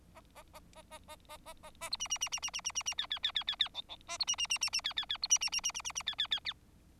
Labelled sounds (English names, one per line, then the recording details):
Bengalese Finch song
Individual Bird4